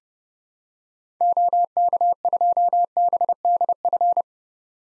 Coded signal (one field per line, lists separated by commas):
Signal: Morse code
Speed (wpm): 32 wpm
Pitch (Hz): 700 Hz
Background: none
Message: OK2BDF